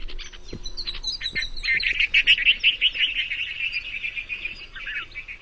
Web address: Red-vented Bulbul